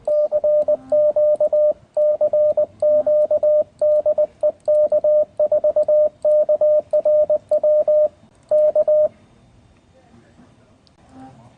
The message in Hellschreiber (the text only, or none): none